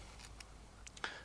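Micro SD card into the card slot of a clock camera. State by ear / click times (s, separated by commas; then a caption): seated / 1.0 s. A micro SD memory card is pushed into the card slot of a clock camera, label facing the battery. A few faint ticks and scrapes lead up to one sharper click at 1.0 s as the card seats in the slot.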